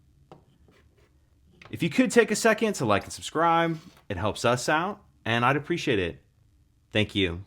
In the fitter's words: and then it slides down just that little bit to lock into place.